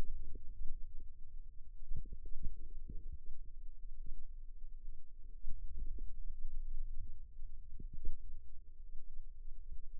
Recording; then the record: forearm muscle sounds (acoustic myography)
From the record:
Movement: ulnar deviation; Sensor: system 2, bracelet of six BSWA MPA416 microphones around the upper forearm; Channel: 5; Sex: female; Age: 22 years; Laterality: right